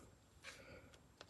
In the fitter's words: it snaps into place